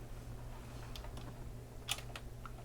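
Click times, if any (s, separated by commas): none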